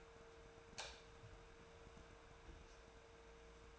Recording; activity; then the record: daily activity, microphone in the room; light on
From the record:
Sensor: 2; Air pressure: 1014.6 hPa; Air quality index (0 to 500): 188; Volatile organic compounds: 15 ppm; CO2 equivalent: 2484 ppm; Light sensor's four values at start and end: 9/22/9/9 and 14/39/15/16